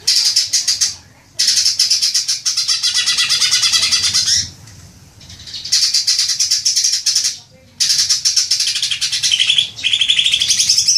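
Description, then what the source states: Leafbird song: dense, buzzy, high chattering phrases lasting about one to three seconds each, separated by brief silences. Local name cucak ijo; described as gacor, meaning singing vigorously.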